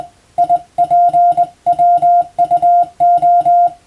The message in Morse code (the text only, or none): IPWUO